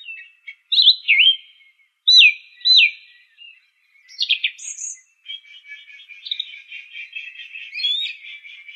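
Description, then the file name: Song thrush song: a looping whistled phrase repeated a few times, a high sharp burst, then a rapid continuous chatter of softer notes. "suara-kicauan-burung-song-thrush omkicau"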